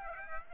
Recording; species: mosquito wingbeat signal from an infrared sensor; Aedes aegypti